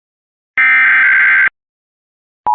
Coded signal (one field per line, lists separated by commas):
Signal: Emergency Alert System (SAME) tones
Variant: header bursts